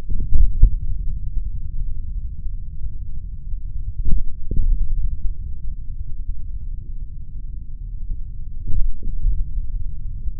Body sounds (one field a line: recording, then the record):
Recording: forearm muscle sounds (acoustic myography)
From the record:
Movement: tripod grip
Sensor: system 3, bracelet of six PUI Audio POM-2738L microphones around the upper forearm, with dedicated amplification and filtering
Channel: 2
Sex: male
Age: 26 years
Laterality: right